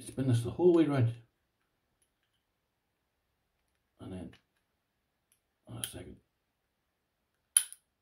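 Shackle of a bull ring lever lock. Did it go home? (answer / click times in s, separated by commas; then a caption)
released / 7.6 s. Someone talks while a key is turned the whole way around in a metal bull ring lever lock. A sharp, small click at 7.6 s marks the shackle releasing, and the lock comes open.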